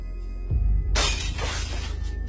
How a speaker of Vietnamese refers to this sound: tay chân khua khoắng, làm cho cốc nước ở trên bàn rơi xuống vỡ toang.